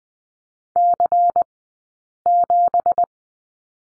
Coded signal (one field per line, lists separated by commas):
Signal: Morse code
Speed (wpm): 20 wpm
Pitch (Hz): 700 Hz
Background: none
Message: C7